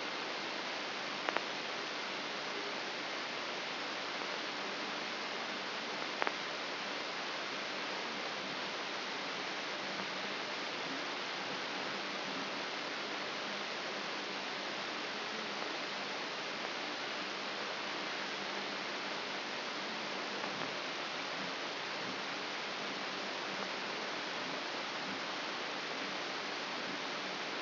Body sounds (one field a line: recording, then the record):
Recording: brain microelectrode recording played as sound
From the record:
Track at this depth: inside the subthalamic nucleus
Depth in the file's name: 3.102 mm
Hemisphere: left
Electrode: 3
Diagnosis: Parkinson's disease